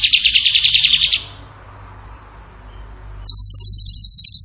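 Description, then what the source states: Bird song: a fast, even trill of high notes for about a second, a pause, then a second rapid trill pitched higher still. Bird song in the tembakan gacor style, used for masteran training.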